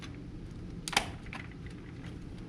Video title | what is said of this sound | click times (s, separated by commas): Discover Mindblown Model Engine Kit Steps 19-21 | that snaps in place it doesn't even screw huh wow | 1.0 s